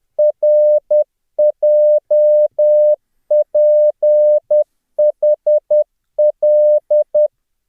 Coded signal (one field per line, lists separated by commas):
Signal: Morse code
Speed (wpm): 10 wpm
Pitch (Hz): 600 Hz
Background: none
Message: RJPHL